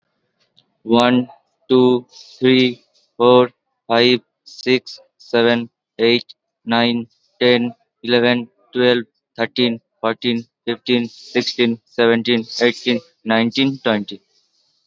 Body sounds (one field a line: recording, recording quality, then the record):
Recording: counting at a normal pace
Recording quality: excellent, no background noise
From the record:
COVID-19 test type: RT-PCR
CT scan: not taken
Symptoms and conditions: none ticked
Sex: male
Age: 19 years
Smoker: no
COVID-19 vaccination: both doses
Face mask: worn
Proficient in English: yes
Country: India